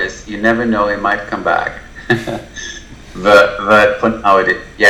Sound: laughs